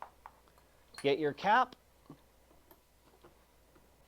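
A charging cable plug is pulled out of the charge port of a Stark Varg electric dirt bike, releasing it from the bike port. Sharp, short hits sound at 0.0 s and 0.3 s as the plug comes free, followed by a few fainter ticks. Someone talks briefly around 1.0 to 1.7 s.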